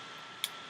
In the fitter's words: the cockpit is going to snap into place